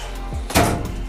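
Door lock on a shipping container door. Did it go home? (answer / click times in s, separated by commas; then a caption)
yes / 0.5 s. Someone pulls up on a handle outside a steel shipping-container door mechanism, and the metal lock latches into place with a sharp clunk at 0.5 seconds. Background music plays throughout.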